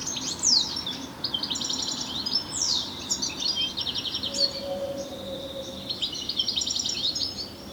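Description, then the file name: European goldfinch twittering, rapid liquid buzzy trills and tinkling notes in quick bursts, with a brief faint low hum in the middle. "Carduelis carduelis"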